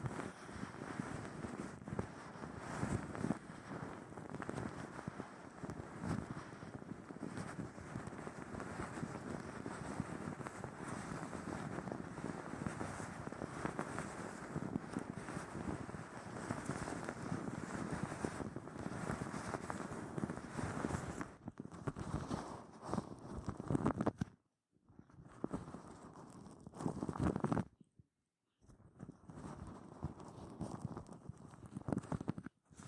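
Ear cleaning and ear massage sounds: a dense, steady stream of rustling and crackling rubs, low and full, running without pause for about twenty-four seconds. After that it breaks into shorter bursts, with two clear silent gaps, near 25 and 28 seconds, before the rubbing resumes.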